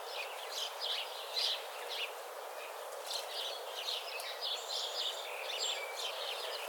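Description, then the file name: House sparrow chirps, a dense overlapping chatter of short, bright notes throughout, with steady background hiss. "Passer domesticus"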